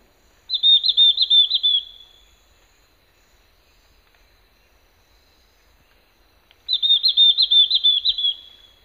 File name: Myrmeciza ferruginea